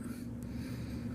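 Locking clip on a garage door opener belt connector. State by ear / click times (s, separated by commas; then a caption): not seated / none. The small locking clip on the belt-to-trolley connector of a Chamberlain Whisper Drive garage door opener is handled as it is about to be pressed into place. A steady low hum runs throughout, with one brief faint high tick at 0.4 s. The clip has not clicked or seated yet.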